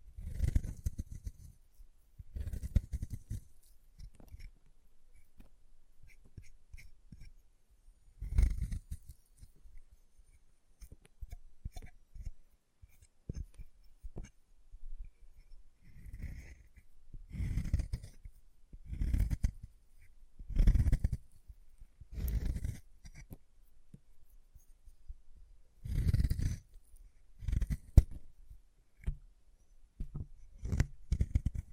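Chalk being carved and cut in short scraping, crunching strokes, repeated irregularly every second or two, with quiet pauses and faint clicks between.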